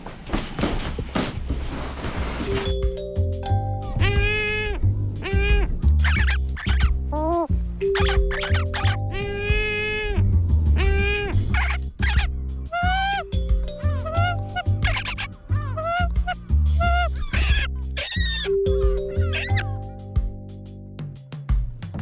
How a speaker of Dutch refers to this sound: En dan beginnen die meeuwen te blazen.